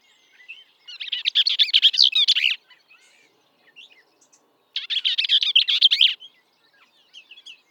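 Bell's vireo with two longer rapid chattering phrases of about one and a half seconds, plus a few soft scattered notes in between.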